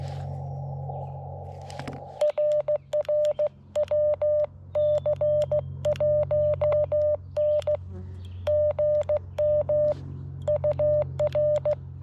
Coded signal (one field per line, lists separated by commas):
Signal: Morse code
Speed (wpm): 18 wpm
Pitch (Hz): 600 Hz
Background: none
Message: RR WC1N GM UR